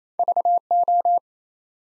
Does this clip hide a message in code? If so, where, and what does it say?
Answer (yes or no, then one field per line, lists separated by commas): yes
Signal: Morse code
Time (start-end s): 0.2-1.2 s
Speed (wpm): 27 wpm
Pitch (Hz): 700 Hz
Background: none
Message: VO